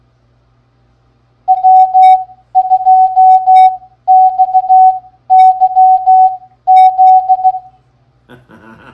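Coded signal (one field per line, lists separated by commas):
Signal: Morse code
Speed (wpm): 16 wpm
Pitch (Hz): 750 Hz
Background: none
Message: W2XYZ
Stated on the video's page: Morse practice game of callsigns sent at 13 wpm.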